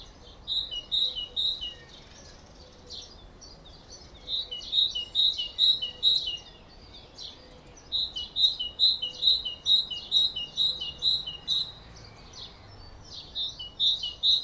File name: Parus major